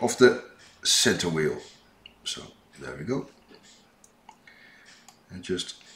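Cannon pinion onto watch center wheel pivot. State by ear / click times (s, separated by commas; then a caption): not seated / none. A small steel cannon pinion is handled over the center wheel pivot of a watch movement, ready to be pushed down so its notch snaps into the groove. Someone talks, and a few faint, brief ticks follow between 3.5 and 5.1 seconds. The pinion has not yet seated or clicked into place.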